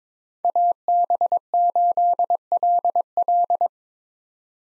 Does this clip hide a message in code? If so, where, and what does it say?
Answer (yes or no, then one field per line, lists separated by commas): yes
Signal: Morse code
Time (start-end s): 0.4-3.7 s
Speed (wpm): 21 wpm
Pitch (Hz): 700 Hz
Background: none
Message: AB8LL